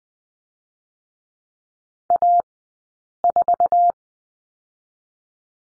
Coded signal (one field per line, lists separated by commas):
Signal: Morse code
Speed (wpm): 20 wpm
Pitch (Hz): 700 Hz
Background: none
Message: A 4